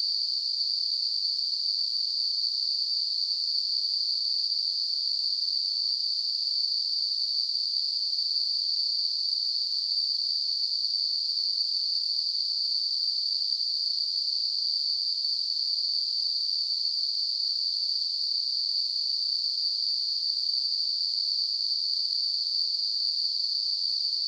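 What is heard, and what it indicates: Simulated tinnitus: a steady, continuous, high-pitched hiss-like tone in a narrow band around 4–5 kHz, with a faint higher band near 9 kHz and nothing in the low frequencies, unchanging for the whole clip.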